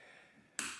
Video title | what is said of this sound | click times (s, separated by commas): How to clean the RIA Rock Island Armory Premium M1911 A2 TAC Ultra FS HC 22TCM | gonna lock back into place as such okay | 0.6 s